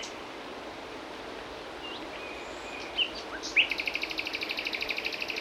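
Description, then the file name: Common nightingale song: a few slurred whistles, then a long, fast, rattling trill of repeated notes to the end. "Luscinia megarhynchos"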